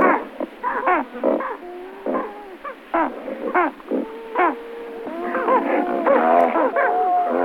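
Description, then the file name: Great white pelicans calling together, a dense chatter of hoarse grunts and drawn-out nasal moans overlapping. "Pelikan bily Pelecanus onocrotalus"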